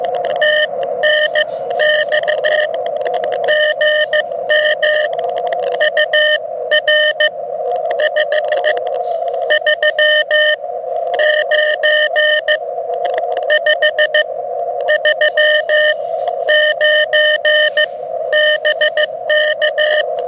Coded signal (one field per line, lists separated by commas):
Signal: Morse code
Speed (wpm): 18 wpm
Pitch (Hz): 610 Hz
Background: radio noise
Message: TNX GM UR 539 539 BK